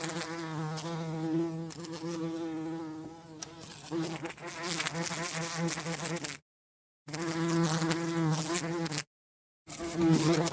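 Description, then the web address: Bee buzzing: a continuous low droning hum with rich overtones, slightly wavering in pitch, broken by two short silent gaps. "пчела"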